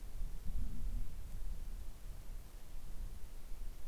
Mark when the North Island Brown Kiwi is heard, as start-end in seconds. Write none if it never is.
none